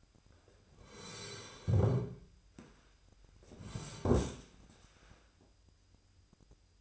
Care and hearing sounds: daily activity, microphone in the room; sit down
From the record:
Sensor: 2

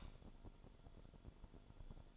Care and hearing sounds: daily activity, microphone in the room; light off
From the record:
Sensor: 5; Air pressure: 1008.0 hPa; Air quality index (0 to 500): 105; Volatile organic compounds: 1 ppm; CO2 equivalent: 819 ppm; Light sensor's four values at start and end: 30/70/28/27 and 30/69/27/27

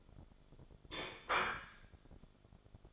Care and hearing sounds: daily activity, microphone in the room; place plate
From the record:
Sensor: 5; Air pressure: 1004.4 hPa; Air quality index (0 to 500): 171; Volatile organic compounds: 4 ppm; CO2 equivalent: 1608 ppm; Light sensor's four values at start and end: 17/39/15/14 and 17/39/15/14

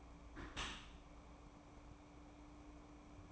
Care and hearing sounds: daily activity, microphone in the room; close dishwasher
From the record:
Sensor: 1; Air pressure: 1012.4 hPa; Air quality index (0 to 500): 166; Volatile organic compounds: 3 ppm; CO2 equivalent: 1354 ppm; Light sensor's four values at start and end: 598/1283/598/653 and 598/1283/598/653

